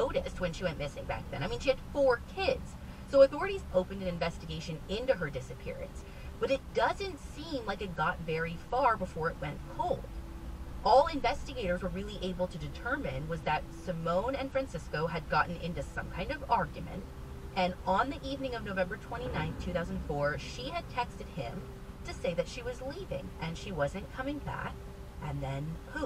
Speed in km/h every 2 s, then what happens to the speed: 6, 6, 0, 0, 0, 0, 0, 0, 0, 0, 0, 0, 0.
4-26 standing.